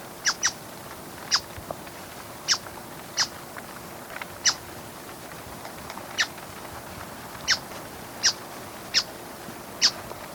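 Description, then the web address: Buff-browed foliage-gleaner giving about eleven sharp, clipped chips at irregular intervals, the first two close together, with fainter ticks between. Recorded in Ecuador. "Birds of Ecuador. Buff-browed Foliage-gleaner"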